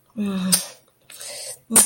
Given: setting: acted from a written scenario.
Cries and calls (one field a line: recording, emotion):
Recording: vocal sound without words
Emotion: shame